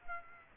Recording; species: mosquito wingbeat signal from an infrared sensor; Aedes aegypti